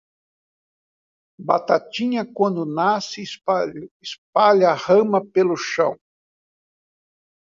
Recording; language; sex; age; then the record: short text; Brazilian Portuguese; male; 70 to 79 years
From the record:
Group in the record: control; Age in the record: 73 years